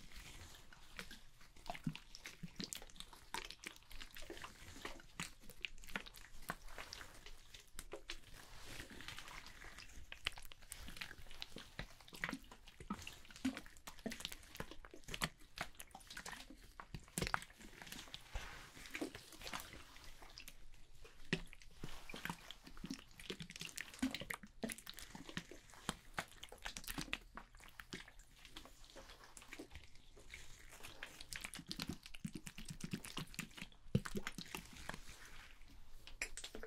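A hair salon shampoo and haircut: dense, irregular crackling, splashing and snipping sounds throughout, over a faint steady low hum.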